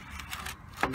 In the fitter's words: locks in place so it sits up like this when you're not moving it around it's always ready to go so